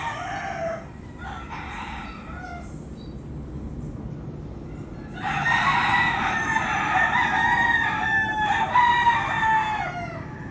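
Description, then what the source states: Chicken: rooster crowing, two short harmonic crows early, then a long loud crow with overlapping crowing from about five seconds, over steady low background noise. Roosters crowing at dawn in Puerto Rico.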